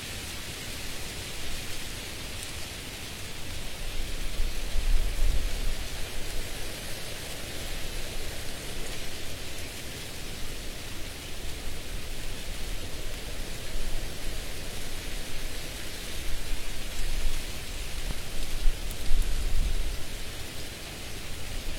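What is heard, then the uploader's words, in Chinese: Wind blows through tree leaves in a dense, steady hiss that fills the whole 22 seconds. The rustling swells and eases in slow gusts, strongest around five seconds and again near nineteen seconds, with soft low rumbles underneath. 风吹树叶。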